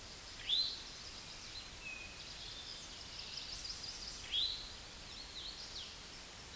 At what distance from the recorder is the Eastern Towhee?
about 10 m